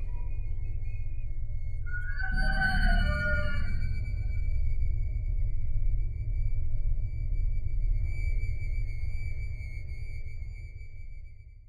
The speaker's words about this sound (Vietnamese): Hai anh em vội vàng lấp đất đắp lại nắm mồ hoang, vì từ phía xa trong làng, cả hai gã đã nghe thấy tiếng gà gáy sáng.